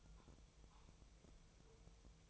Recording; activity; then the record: daily activity, microphone in the room; take from stove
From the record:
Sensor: 1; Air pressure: 999.5 hPa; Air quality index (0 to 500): 197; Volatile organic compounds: 38 ppm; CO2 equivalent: 3121 ppm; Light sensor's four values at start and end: 9/22/8/9 and 9/22/8/9